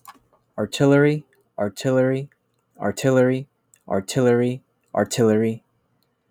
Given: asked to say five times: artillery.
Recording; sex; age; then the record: repeated word; male; 20 to 29 years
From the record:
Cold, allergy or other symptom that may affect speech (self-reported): no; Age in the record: 26 years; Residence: Pennsylvania, United States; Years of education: 16